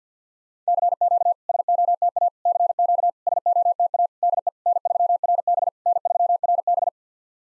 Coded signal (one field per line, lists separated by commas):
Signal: Morse code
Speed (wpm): 54 wpm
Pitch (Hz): 700 Hz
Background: none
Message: CQ SOTA CQ SOTA DE N3RB N3RB